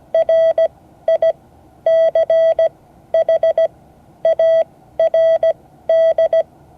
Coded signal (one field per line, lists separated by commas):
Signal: Morse code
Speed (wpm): 17 wpm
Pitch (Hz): 660 Hz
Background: none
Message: RICHARD